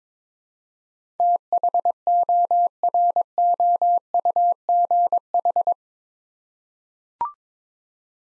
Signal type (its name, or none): Morse code